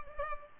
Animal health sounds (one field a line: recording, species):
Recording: mosquito wingbeat signal from an infrared sensor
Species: Culex pipiens